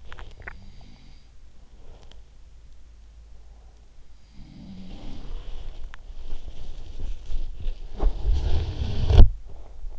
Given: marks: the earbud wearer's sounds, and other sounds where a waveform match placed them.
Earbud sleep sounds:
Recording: sounds in sleep by an in-ear microphone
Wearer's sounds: swallowing, body movement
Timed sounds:
0.00-0.77 s: swallowing
4.26-9.99 s: sound from someone else or the room
5.20-7.87 s: body movement

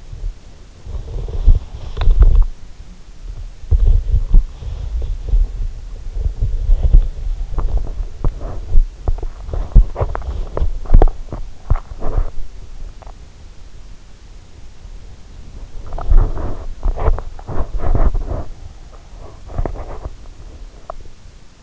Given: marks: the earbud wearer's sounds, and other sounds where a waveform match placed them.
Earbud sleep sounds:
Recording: sounds in sleep by an in-ear microphone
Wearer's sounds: body movement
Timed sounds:
0.00-21.63 s: body movement

